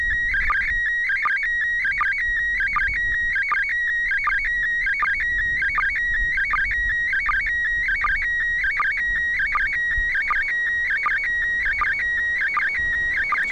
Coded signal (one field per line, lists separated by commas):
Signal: SSTV (slow-scan television)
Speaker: to be ending right now